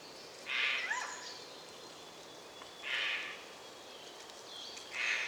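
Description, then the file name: Eurasian jay with rasping, noisy calls repeated about every two seconds, faint thin whistles from other birds behind. "Garrulus glandarius"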